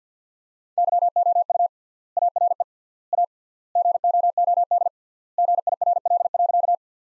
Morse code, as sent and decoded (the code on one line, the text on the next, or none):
-.-- --- ..- / .- .-. . / .- / --. --- --- -.. / --. .. .-. .-.. .-.-.-
YOU ARE A GOOD GIRL.